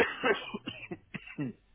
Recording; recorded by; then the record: voluntary cough; telephone call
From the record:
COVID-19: positive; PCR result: checked with the laboratory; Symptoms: yes